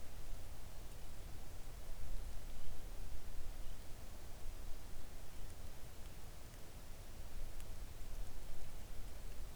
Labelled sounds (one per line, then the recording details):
seabird
rain
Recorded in the Arctic National Wildlife Refuge, Alaska, on 3 August 2019 at 05:48
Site 41